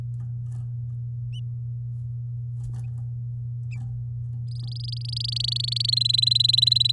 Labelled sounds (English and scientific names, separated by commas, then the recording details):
Domestic Canary (Serinus canaria) song
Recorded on 10 May 2018 at 06:19
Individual llb16